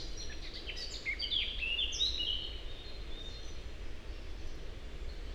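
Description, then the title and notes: Eurasian blackcap song: a quick phrase of clear, varied whistled notes jumping up and down, heard against a steady low rumble. Several birds recorded in passing in the heart of the Forêt de Chautagne, on a wide drivable track near roads, Serrières-en-Chautagne, France; Dodotronic stereo parabola (EM172), Zoom H4n pro. "Forêt de Chautagne - Serrières-en-Chautagne, France - Fauvette à tete noire. j'enregistre "au vol" ces fauvettes à tete noire. Merci à Marc Namblard pour les identifications"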